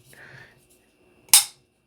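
The base plate of a PSA Dagger Compact magazine is started from the rear on its rails and pushed forward over the compressed spring base onto the magazine tube, with a soft sliding scrape in the first half second. It locks home with a loud, sharp snap at 1.3 s, seating the base plate.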